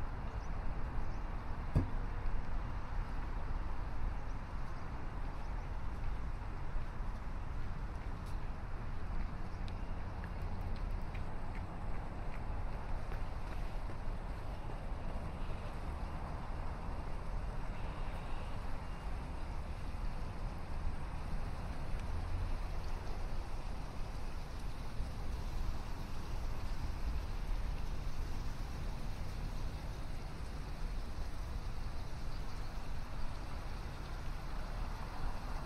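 A morning walk along a downtown Chicago river walk at sunrise, filled with a steady low rumble of city traffic that barely changes. Faint scattered clicks and brief sharper sounds surface now and then, with a soft hiss running underneath throughout.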